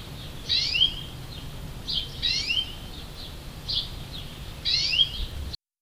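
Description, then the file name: European greenfinch calls, high downslurred notes given in short clusters several times, over faint low background hum. "Chloris chloris"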